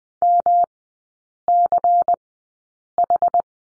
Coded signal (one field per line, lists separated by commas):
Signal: Morse code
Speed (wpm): 20 wpm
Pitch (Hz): 700 Hz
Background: none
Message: MCH